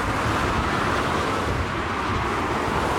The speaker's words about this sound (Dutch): Allemaal auto's razen onder ons voorbij.